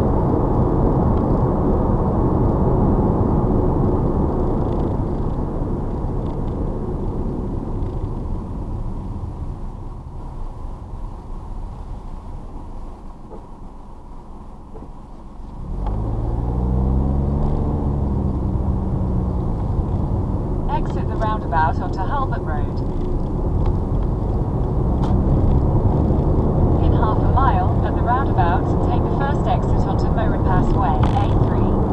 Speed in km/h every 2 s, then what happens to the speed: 77, 69, 56, 35, 13, 8, 0, 0, 19, 31, 32, 29, 40, 55, 64, 66.
0-12 brakes to 0. 12-15 standing. 15-18 pulls away to 31. 18-23 steady at about 31. 23-32 speeds up to 66.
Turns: none.